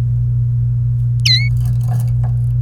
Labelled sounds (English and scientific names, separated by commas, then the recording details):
Domestic Canary (Serinus canaria) song
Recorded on 28 April 2018 at 08:48
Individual llb3